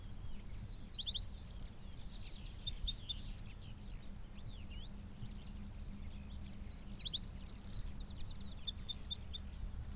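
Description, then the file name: Eurasian wren singing two fast, loud bursts of high trills and sharp twittering notes, the second starting about six seconds after the first, over low background rumble. "Troglodytes troglodytes"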